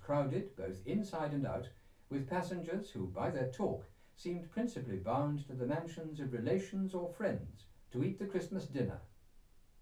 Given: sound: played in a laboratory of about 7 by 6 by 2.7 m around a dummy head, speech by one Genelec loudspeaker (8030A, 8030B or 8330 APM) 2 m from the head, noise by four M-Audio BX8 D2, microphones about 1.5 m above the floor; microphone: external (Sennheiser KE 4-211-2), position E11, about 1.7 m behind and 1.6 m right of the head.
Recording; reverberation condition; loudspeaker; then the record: male speech in English; low; 120 degrees to the left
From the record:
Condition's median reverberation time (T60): about 310 ms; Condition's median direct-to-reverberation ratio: about 3.5 dB